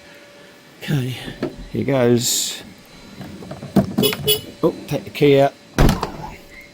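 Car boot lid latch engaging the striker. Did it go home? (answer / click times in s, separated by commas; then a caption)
yes / 5.8 s. Someone talks as the boot lid of a supercharged 2005 Jaguar XJR is closed after a repair to the boot release cable. A loud thunk at 5.8 s is the latch catching the striker and locking shut.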